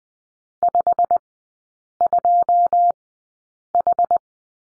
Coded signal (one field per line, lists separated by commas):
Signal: Morse code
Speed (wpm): 20 wpm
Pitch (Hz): 700 Hz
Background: none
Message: 52H